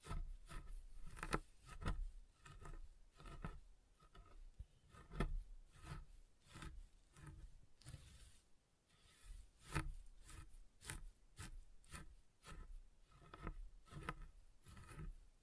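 Soap being tapped and carved: sharp, irregular taps and scraping strokes come several per second, with a brief quieter pause near eight seconds.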